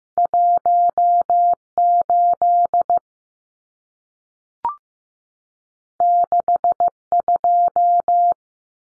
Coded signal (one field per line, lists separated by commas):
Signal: Morse code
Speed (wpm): 15 wpm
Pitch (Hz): 700 Hz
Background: none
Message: 18 62